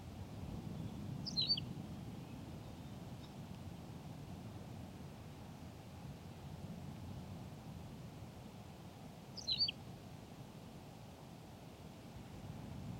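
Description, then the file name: Tawny pipit: two quiet, high, sliding chirps about eight seconds apart over a persistent low rumble. "Pipit rousseline Anthus campestris"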